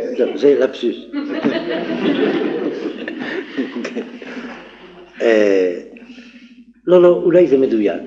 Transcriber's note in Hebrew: צחוק